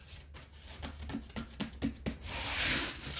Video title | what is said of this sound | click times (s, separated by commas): ADJUSTABLE DUMBBELLS HAUL - WALMART SUPERCENTER HOME GYM SET UP | it it's locked in all right last | 1.6 s